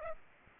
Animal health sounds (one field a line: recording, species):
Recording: mosquito wingbeat signal from an infrared sensor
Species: Aedes aegypti